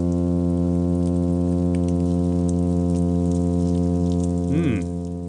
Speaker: Okay, here's a hum sound produced by the plainfin midshipman.